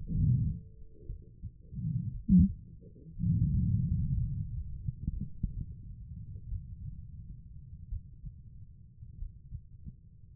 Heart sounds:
heart sounds by stethoscope; 53 bpm
0.11 s: heartbeat
1.06 s: heartbeat
2.12 s: heartbeat
3.17 s: heartbeat
4.15 s: heartbeat
5.09 s: heartbeat
6.49 s: heartbeat
7.89 s: heartbeat
9.18 s: heartbeat
10.35 s: heartbeat
From the record:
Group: healthy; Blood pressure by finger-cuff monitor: 129/79 mmHg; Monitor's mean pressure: 91 mmHg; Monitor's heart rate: 57 bpm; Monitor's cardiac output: 4.4 L/min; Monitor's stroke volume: 79 mL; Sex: female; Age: 36 years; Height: 163 cm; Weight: 88 kg

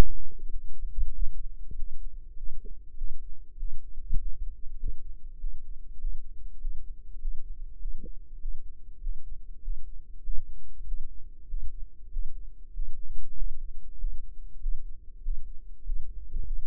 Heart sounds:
heart sounds by microphone in the right ear; 98 bpm
0.42 s: heartbeat
1.07 s: heartbeat
1.69 s: heartbeat
2.30 s: heartbeat
2.91 s: heartbeat
3.52 s: heartbeat
4.13 s: heartbeat
4.73 s: heartbeat
5.34 s: heartbeat
5.94 s: heartbeat
6.55 s: heartbeat
7.15 s: heartbeat
7.75 s: heartbeat
8.35 s: heartbeat
8.97 s: heartbeat
9.58 s: heartbeat
10.19 s: heartbeat
10.81 s: heartbeat
11.44 s: heartbeat
12.07 s: heartbeat
12.69 s: heartbeat
13.32 s: heartbeat
13.94 s: heartbeat
14.56 s: heartbeat
15.18 s: heartbeat
15.79 s: heartbeat
16.41 s: heartbeat
From the record:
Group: healthy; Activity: Valsalva maneuver 0-16 s, rest 16-17 s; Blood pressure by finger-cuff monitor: 109/74 mmHg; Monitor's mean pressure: 84 mmHg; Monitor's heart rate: 98 bpm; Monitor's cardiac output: 8.3 L/min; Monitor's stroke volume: 84 mL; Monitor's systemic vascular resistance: 730 dyn s/cm5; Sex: male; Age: 23 years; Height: 178 cm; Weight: 96.6 kg

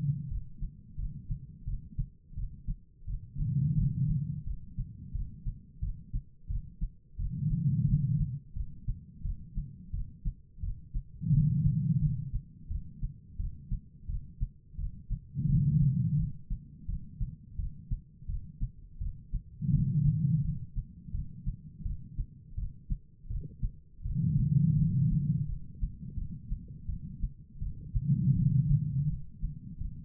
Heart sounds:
heart sounds by stethoscope; 85 bpm
0.29 s: heartbeat
0.97 s: heartbeat
1.65 s: heartbeat
2.35 s: heartbeat
3.06 s: heartbeat
3.76 s: heartbeat
4.45 s: heartbeat
5.13 s: heartbeat
5.81 s: heartbeat
6.48 s: heartbeat
7.17 s: heartbeat
7.86 s: heartbeat
8.54 s: heartbeat
9.23 s: heartbeat
9.92 s: heartbeat
10.61 s: heartbeat
11.31 s: heartbeat
12.00 s: heartbeat
12.69 s: heartbeat
13.38 s: heartbeat
14.07 s: heartbeat
14.77 s: heartbeat
15.47 s: heartbeat
16.17 s: heartbeat
16.87 s: heartbeat
17.57 s: heartbeat
18.27 s: heartbeat
18.99 s: heartbeat
19.71 s: heartbeat
20.42 s: heartbeat
21.12 s: heartbeat
21.83 s: heartbeat
22.56 s: heartbeat
23.28 s: heartbeat
24.03 s: heartbeat
24.76 s: heartbeat
25.47 s: heartbeat
26.15 s: heartbeat
26.87 s: heartbeat
27.60 s: heartbeat
28.34 s: heartbeat
29.07 s: heartbeat
29.79 s: heartbeat
From the record:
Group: healthy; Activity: rest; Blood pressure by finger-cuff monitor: 115/87 mmHg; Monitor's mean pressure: 100 mmHg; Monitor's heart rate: 86 bpm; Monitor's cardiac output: 4.8 L/min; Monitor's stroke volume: 56 mL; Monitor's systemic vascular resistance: 1540 dyn s/cm5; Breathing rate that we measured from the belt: 15 breaths a minute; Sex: female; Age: 51 years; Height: 162 cm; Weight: 70.04 kg

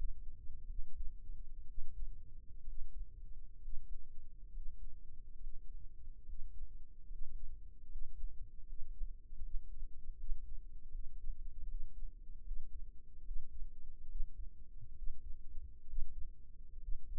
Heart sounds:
heart sounds by microphone in the right ear; 71 bpm
0.68 s: heartbeat
1.67 s: heartbeat
2.65 s: heartbeat
3.60 s: heartbeat
4.51 s: heartbeat
5.38 s: heartbeat
6.24 s: heartbeat
7.07 s: heartbeat
7.87 s: heartbeat
8.64 s: heartbeat
9.40 s: heartbeat
10.15 s: heartbeat
10.91 s: heartbeat
11.66 s: heartbeat
12.43 s: heartbeat
13.23 s: heartbeat
14.07 s: heartbeat
14.94 s: heartbeat
15.86 s: heartbeat
16.80 s: heartbeat
From the record:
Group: healthy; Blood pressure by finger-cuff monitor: 114/58 mmHg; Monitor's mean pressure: 71 mmHg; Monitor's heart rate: 72 bpm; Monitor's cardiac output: 6.6 L/min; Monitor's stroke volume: 92 mL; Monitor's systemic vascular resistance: 710 dyn s/cm5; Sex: male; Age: 22 years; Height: 181 cm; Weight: 79 kg

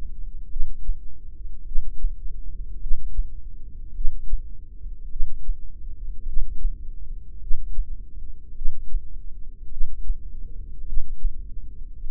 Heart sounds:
heart sounds by microphone in the left ear; 52 bpm
0.51 s: heartbeat
1.66 s: heartbeat
2.81 s: heartbeat
3.95 s: heartbeat
5.11 s: heartbeat
6.27 s: heartbeat
7.41 s: heartbeat
8.56 s: heartbeat
9.72 s: heartbeat
10.87 s: heartbeat
12.02 s: heartbeat
From the record:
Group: heart failure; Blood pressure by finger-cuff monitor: 95/44 mmHg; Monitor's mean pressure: 57 mmHg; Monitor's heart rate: 52 bpm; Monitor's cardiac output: 4.6 L/min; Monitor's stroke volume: 89 mL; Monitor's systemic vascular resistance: 850 dyn s/cm5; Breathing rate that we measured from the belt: 15 breaths a minute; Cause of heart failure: cardiac sarcoid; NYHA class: 1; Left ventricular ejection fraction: 39%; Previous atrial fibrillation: present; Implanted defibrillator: present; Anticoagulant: apixaban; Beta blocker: carvedilol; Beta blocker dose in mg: 50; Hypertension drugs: ramipril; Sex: male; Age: 79 years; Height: 184 cm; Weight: 92.5 kg

